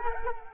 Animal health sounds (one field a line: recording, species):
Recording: mosquito wingbeat signal from an infrared sensor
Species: Culex quinquefasciatus